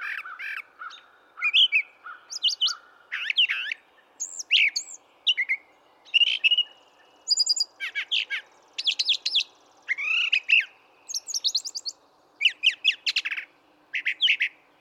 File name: Brown Thrasher